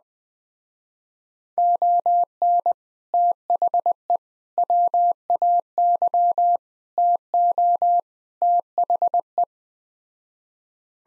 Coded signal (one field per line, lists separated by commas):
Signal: Morse code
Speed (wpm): 20 wpm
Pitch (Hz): 700 Hz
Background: none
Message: ON THE WAY TO THE